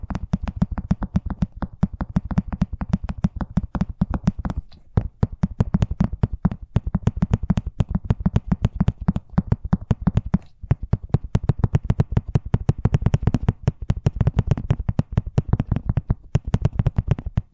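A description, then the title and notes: Fast tapping in a quick, steady stream of sharp clicks, roughly eight to ten per second, each with a dull low thud beneath a bright tick. The rhythm runs throughout, with brief slight gaps near five and ten seconds. ASMR Braingasm Inducing Fast Tapping (No Talking).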